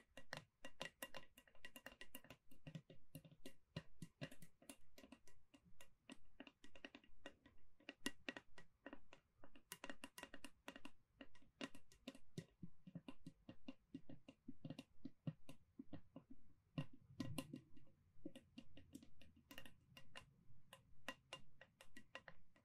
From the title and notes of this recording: ASMR Gentle Tapping to Help You Sleep (No Talking).